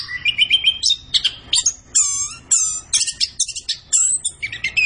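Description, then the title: Orange-headed thrush singing: clear, ringing whistled phrases and sharp chips in quick succession, some notes falling in pitch, separated by brief gaps. Kept songbird singing gacor, used as masteran to train other birds in Indonesian songbird keeping (kicau mania). "Anis Kembang Gacor. Kicau Mania Masteran Anis Kembang"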